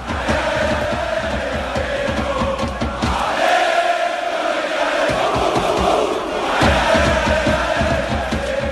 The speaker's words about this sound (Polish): A jeszcze posłuchajmy tych kibiców, którzy oszaleli trochę na punkcie pana Krzysztofa Piątka.